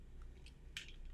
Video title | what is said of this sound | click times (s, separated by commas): Nikon 1 J5 New Aquisition on 2024/06/04 | let me turn it counterclockwise until you hear it snap | 0.8 s